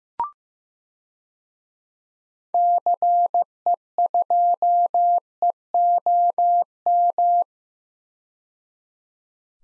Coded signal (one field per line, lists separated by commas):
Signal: Morse code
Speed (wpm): 15 wpm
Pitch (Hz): 700 Hz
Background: none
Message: CE2EOM